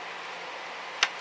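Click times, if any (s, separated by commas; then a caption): 1.0 s. A small plastic peg is pushed into a quilting or craft pinning board and seats with one sharp, short click at 1.0 s. Before the click there is only a steady, low background hiss.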